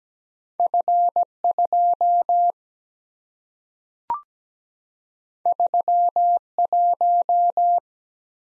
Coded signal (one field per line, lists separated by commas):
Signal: Morse code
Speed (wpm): 17 wpm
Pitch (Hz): 700 Hz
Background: none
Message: F 2 3 1